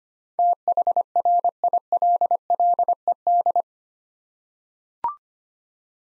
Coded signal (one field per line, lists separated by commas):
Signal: Morse code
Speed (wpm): 25 wpm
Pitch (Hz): 700 Hz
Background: none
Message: THRILLED